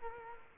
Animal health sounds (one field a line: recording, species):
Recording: mosquito wingbeat signal from an infrared sensor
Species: Culex quinquefasciatus